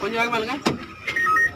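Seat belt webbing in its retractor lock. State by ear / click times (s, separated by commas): seated / 1.1 s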